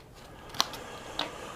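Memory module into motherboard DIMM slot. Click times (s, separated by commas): 0.6 s, 1.2 s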